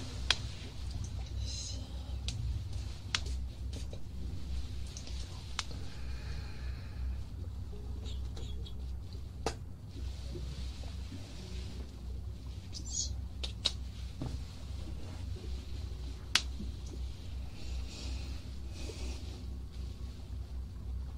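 Ear cleaning and ear massage, heard as a steady low rumbling rub that continues through the whole stretch. Brief sharp clicks and scratchy ticks pop up every second or two, loudest near 0.5, 9.5 and 16.5 seconds, with soft hissy swishes between them.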